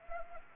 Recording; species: mosquito wingbeat signal from an infrared sensor; Anopheles arabiensis